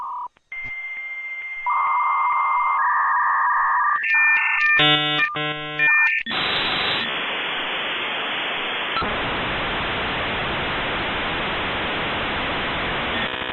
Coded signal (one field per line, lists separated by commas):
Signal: dial-up modem handshake